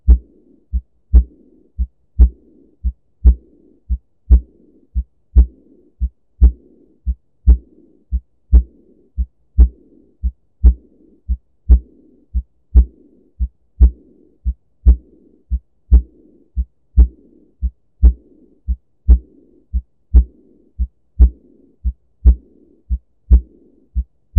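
A heart sound simulator plays a steady, regular heartbeat at about 57 per minute. A soft, blowing murmur follows each second sound into the quiet phase. This is aortic regurgitation, a diastolic murmur from blood leaking back through the aortic valve.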